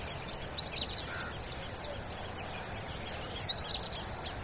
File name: indian robin